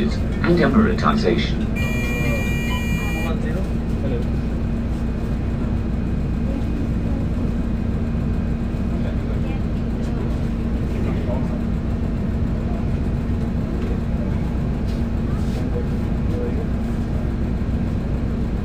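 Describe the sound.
A steady, low engine drone from a bus fills the whole stretch, with a constant hum and a dense rumble underneath. Near the start there are a few brief voice sounds and a short, bright electronic tone lasting about a second and a half.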